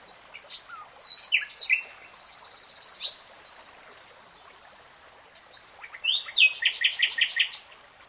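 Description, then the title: Nightingale song: varied chirps, then a long high buzzy rattle. After a pause comes a phrase of quick repeated sliding notes. Nightingale singing in real time. "[Tiếng chim hót] Nightingale Singing"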